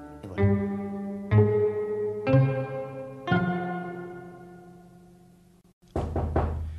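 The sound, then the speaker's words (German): Four loud, evenly spaced knocks on a door, about a second apart, each leaving a low ringing tail, followed by a short pause and then a different, rougher noise. “Herein.”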